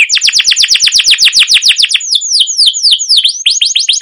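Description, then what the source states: Canary trilling steadily with fast repeated downswept notes, slowing into broader looping sweeps toward the end. Canary song recorded as a lure or training master for canaries, a long trilling rolled song described as cuit cuit ngerol, gacor panjang.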